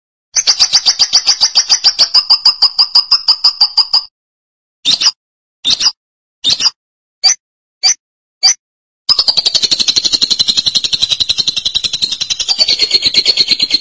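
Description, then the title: Lovebird chattering in a rapid buzzy trill, then giving six separate short sharp chirps before launching into another long, fast trill. "BM Suara Burung Lovebird"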